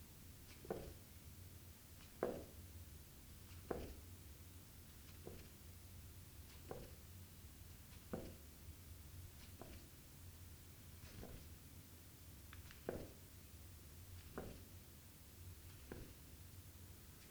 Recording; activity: daily activity, guitar pickup as the sensor; jump